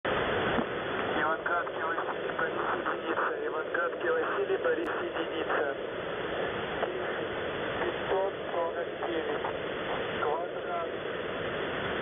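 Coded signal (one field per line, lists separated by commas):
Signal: coded military voice message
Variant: The Pip, Russian voice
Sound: voice reading words and numbers through heavy shortwave static and fading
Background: radio static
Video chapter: 00:00 - ЙВБ1 10549 КВАДРАТНЫЙ 3817 1856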